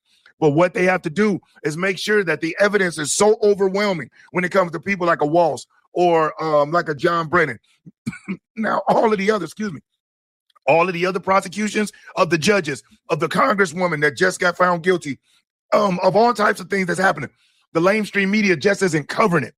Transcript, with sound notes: But what they have to do is make sure that the evidence is so overwhelming when it comes to people like a Walz or, um, like a John Brennan. (coughs) Now, all of the other- Excuse me.
All of the other prosecutions of the judges, of the congresswoman that just got found guilty, um, of all types of things that's happening, the lame stream media just isn't covering it.